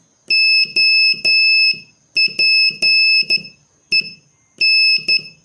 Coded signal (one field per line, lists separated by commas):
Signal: Morse code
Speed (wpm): 12 wpm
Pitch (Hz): 2600 Hz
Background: none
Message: OPEN